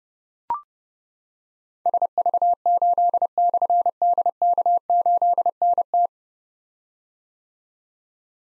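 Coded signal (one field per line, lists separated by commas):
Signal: Morse code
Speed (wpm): 30 wpm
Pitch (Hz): 700 Hz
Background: none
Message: SV8/DK8NT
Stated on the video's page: Difficult call signs containing slashes sent at 30 wpm for copy practice, each sent twice around a spoken version.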